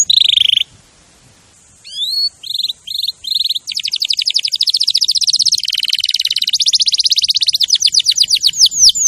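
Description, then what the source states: Canary song beginning with a buzzy roll, a short gap, scattered chips, then a long series of rapid trills and rolls. Champion canary song used as a master recording for training other birds.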